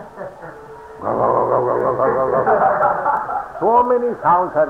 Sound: laughter

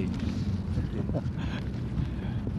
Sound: Prabhupāda chuckles

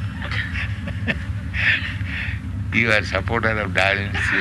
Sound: laughter

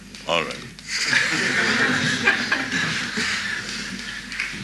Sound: laughter

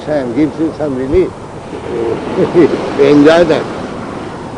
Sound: laughs

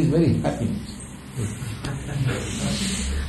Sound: laughter

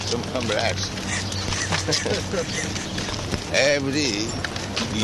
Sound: laughs

